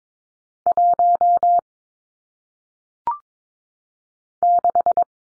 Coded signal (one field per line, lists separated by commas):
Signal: Morse code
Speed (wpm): 22 wpm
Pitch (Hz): 700 Hz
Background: none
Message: 1 6